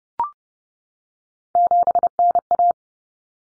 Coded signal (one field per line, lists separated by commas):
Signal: Morse code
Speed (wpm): 30 wpm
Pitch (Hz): 700 Hz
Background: none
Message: 7NA